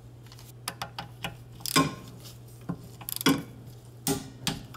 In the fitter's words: hope you heard the torque wrench click. It's right there.